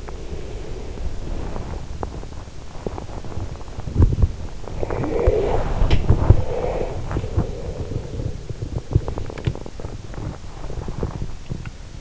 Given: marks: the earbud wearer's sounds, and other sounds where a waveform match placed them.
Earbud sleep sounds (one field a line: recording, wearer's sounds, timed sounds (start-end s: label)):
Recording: sounds in sleep by an in-ear microphone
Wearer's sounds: body movement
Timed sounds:
0.00-12.01 s: body movement